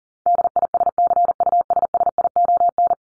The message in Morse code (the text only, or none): DISCUSSION